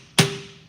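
A wheel hub seal is driven into the hub bore with hammer blows worked evenly around it. A single sharp blow lands at 0.2 s, and a steady tone around 400 Hz rings on while the sound fades. The seal has bottomed out in the bore, and the change in the sound of the blow is the sign that it is seated.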